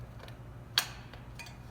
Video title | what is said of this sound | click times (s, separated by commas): How-To Cut a Round Hole in Ductwork - The Duct Shop | you'll get that click and then for extra measure you reach in | 0.8 s